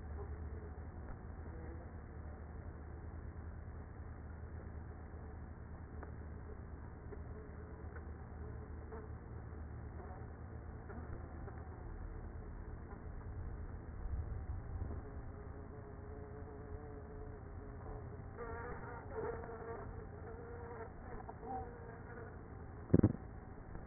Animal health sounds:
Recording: honeybee colony, microphone inside the hive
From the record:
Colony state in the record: queenless with a low population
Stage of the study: after two queens were removed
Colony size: about 30,000 bees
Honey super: no

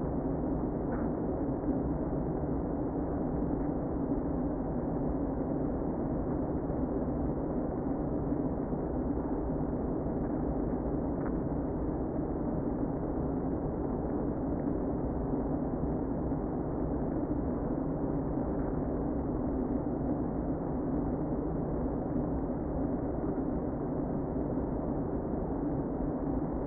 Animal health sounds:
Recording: honeybee colony, microphone inside the hive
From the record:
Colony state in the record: queen present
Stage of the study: before two queens were removed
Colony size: about 60,000 bees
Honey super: yes

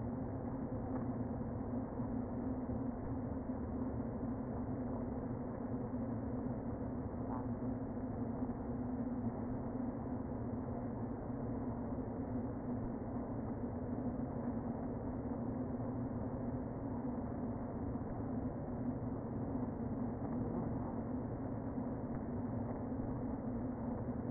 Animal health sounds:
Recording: honeybee colony, microphone inside the hive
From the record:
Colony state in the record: queen present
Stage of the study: before two queens were removed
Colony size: about 60,000 bees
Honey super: yes

